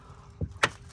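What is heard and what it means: A small transom door on the stern of a fiberglass 2021 Key West 219 FS boat is swung closed into its latch. A soft low thump at 0.4 s is followed by one sharp knock at 0.6 s as the door latches shut and locks into place.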